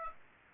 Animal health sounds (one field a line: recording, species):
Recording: mosquito wingbeat signal from an infrared sensor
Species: Aedes aegypti